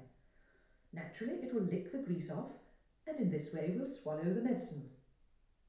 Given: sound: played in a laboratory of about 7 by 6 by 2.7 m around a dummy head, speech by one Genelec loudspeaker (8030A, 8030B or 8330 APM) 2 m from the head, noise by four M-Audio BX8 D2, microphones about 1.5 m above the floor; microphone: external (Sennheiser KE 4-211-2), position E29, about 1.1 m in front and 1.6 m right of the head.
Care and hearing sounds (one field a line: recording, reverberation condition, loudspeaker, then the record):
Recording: female speech in English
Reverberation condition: medium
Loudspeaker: in front (0 degrees)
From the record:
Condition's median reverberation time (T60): about 510 ms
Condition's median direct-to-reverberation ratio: about -0.5 dB